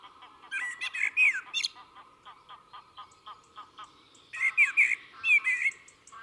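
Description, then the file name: Common blackbird giving two fluty, warbling phrases with squeaky endings, with a steady series of soft ticking notes between them. "Turdus merula"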